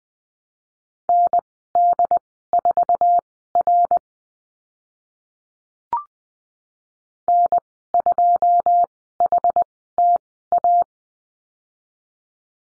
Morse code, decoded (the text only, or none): ND4R N2HTA